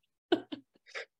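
A quick run of three or four short, rough bursts within a second: a dog coughing in the background.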